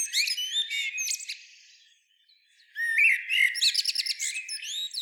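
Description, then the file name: Common blackbird song: a warbled phrase with high squeaks, a short lull, then a rapid run of repeated high twittering notes. "Turdus merula"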